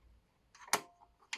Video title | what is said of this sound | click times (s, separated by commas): Rubina 740DSA - Kaip pakeisti peilius krašto apmėtymo mašinai (overlokui) | užsifiksavo kojelę su | 1.3 s